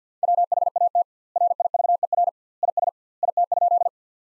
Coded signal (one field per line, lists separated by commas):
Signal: Morse code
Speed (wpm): 50 wpm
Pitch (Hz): 700 Hz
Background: none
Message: WHAT RIVER IS IT?